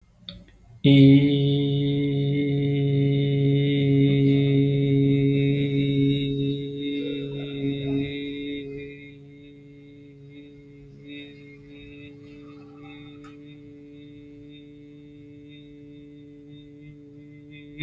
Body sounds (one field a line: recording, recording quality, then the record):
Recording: sustained vowel as in beet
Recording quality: excellent, no background noise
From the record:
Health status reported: healthy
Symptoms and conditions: none ticked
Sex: male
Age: 25 years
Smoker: not ticked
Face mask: not worn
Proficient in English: yes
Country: India